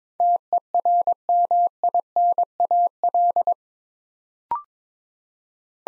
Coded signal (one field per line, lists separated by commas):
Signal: Morse code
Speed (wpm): 22 wpm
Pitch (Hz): 700 Hz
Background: none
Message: TERMINAL